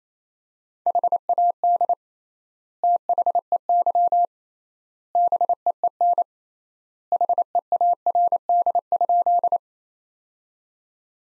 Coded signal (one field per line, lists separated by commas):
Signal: Morse code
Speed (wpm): 27 wpm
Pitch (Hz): 700 Hz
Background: none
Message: HAD THEY BEEN HEARD?